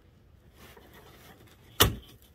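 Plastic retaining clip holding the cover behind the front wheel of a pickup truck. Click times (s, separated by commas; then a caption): 1.8 s. A plastic retaining clip holding the plastic cover behind the front wheel of a Dodge Ram pickup truck is pushed upward by a hand reaching behind the front tire. Faint rustling leads into a sharp click at 1.8 s, followed by a soft tap. The clip releases and the back end of the cover comes undone.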